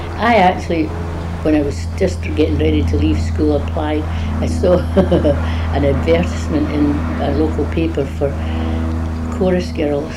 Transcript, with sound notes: I actually, when I was just getting ready to leave school, applied. I saw, [laughs] an advertisement in a local paper for chorus girls,